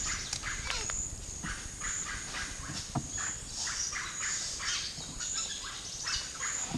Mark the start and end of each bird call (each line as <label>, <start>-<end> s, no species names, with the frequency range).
bird call (0.5-6.9 kHz), 0.00-6.77 s